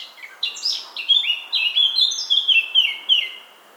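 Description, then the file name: Eurasian blackcap song, a quick warbling run of notes building into a loud, fluty phrase of repeated descending slurs. "Sylvia atricapilla"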